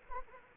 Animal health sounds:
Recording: mosquito wingbeat signal from an infrared sensor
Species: Anopheles arabiensis

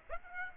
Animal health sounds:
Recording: mosquito wingbeat signal from an infrared sensor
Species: Aedes aegypti

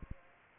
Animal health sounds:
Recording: mosquito wingbeat signal from an infrared sensor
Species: Aedes aegypti

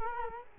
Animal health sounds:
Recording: mosquito wingbeat signal from an infrared sensor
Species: Culex quinquefasciatus

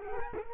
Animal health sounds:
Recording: mosquito wingbeat signal from an infrared sensor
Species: Culex quinquefasciatus

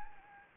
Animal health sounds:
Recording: mosquito wingbeat signal from an infrared sensor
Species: Anopheles gambiae

